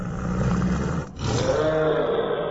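Deep, rasping growls of four approaching snorks (mutant creatures) rumble loudly and continuously, dropping out for a brief moment midway before the snarling resumes just as strongly. No voices are heard.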